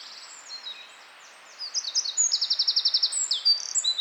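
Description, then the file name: Eurasian wren song with faint twittering at first, then a loud, rapid high-pitched trill and more quick, tumbling notes. "Troglodytes troglodytes"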